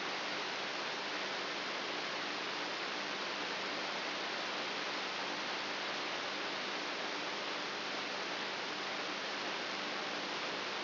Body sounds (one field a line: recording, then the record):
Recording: brain microelectrode recording played as sound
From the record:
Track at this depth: inside the subthalamic nucleus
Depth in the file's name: 2.44 mm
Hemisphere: right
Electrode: 3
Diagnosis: Parkinson's disease